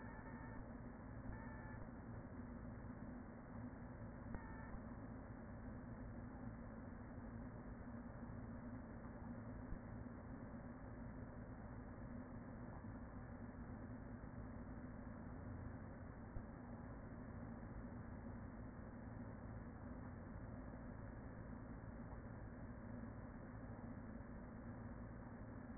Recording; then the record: honeybee colony, microphone inside the hive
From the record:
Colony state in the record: queen present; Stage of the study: after two queens were removed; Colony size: about 40,000 bees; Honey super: no